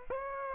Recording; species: mosquito wingbeat signal from an infrared sensor; Aedes aegypti